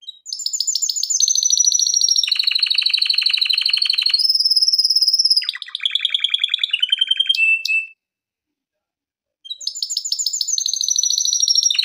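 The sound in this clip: Canary singing long, varied tours: rapid repeated trills shifting pitch, a high sustained whistle, choppy notes, then a short silence before the rapid trilling starts again.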